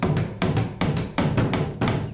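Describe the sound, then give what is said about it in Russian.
A hammer drives nails into the wooden lid of a box to close it, in a Russian film. About seven heavy, dull blows land in a fairly steady rhythm, each with a solid low thud and a sharp crack on top. “Крышку заколачивают гвоздями.”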